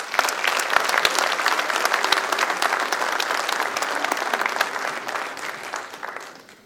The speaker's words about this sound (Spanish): Con el aplauso de ustedes, por supuesto.